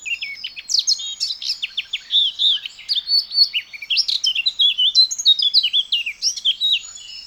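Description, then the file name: Eurasian blackcap singing a fast, scratchy warble of high, varied chirps and short slurred notes, running continuously with no pause. "Sylvia atricapilla"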